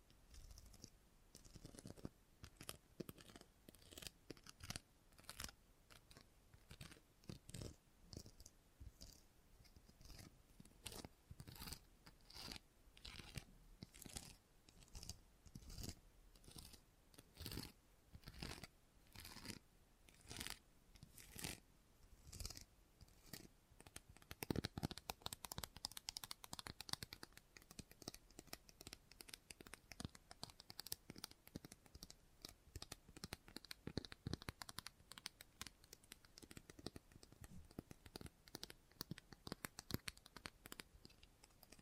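Scissors snip through hair in quick, uneven bursts, each cut a short crisp click that runs nearly continuously for the whole stretch. Around the middle the snipping grows louder and brighter for several seconds, then settles back, with a faint steady hiss underneath.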